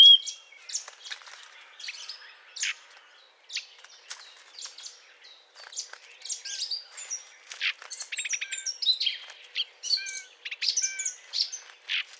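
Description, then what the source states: Eurasian blackcap singing a jumbled warble of short chirps and whistled notes, building to a fuller, livelier stretch in the second half. Courtship song; recorded 20 April 2009.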